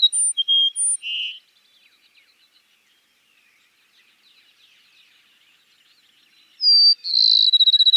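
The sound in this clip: Cassin's sparrow song: high thin whistles and a short burred note, a quiet pause with faint chirps, then a new phrase opening with a whistle and a quick pulsed trill.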